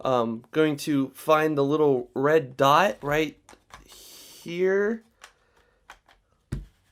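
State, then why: Seated. Someone talks while lining up the red alignment dot on a lens cover and twisting it onto the camera body's bayonet mount, which keeps the sensor from getting scratched. After a few faint ticks, a sharp click at 6.5 seconds marks it locking in place, seated.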